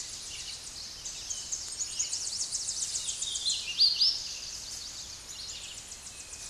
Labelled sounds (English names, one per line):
Hooded Warbler song